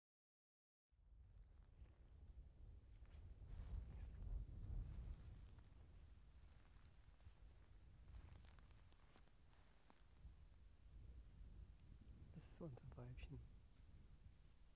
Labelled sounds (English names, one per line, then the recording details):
Arctic Fox
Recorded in the wild
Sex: female
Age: adult
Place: Insel Mednyi, Kommandeur-Inseln, RU
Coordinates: 54.5167, 168.083
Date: 1999-06-27 18:18
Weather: leichter Niesel, 5°C, stärkerer Wind aus Nordost
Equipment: Sony WM-D6C, Sennheiser MKH 70, Windkorb, Kopie Tascam DA 30
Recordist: Frommolt, Karl-Heinz
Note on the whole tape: Südosten der Insel, Haupttal: Polarfuchsfähe links Weiß/Weiß 31 hat geschlafen. Ich nähere mich bis auf 2 m. Das Tier steht auf, rekelt sich und äußert dabei leise Winsellaute